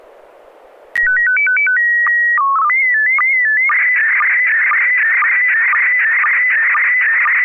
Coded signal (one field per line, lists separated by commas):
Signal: SSTV (slow-scan television)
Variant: PD 120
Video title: N6NA SSTV Net - 10/19/2022